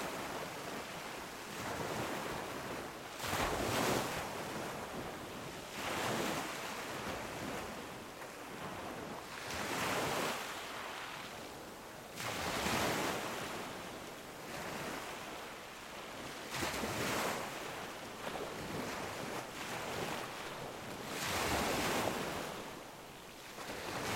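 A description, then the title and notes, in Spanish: Waves break on a beach at Playa Larga in a steady rhythm, a bright hissing surge arriving every four to five seconds and washing back between. Wind rushes over the microphone throughout, adding a low rumble under the dense surf. Playa Larga - Ushuaia - Tierra Del Fuego - Argentina. Recorrido sonoro por Uahuaia y Lapataia - Tierra del Fuego - Argentina.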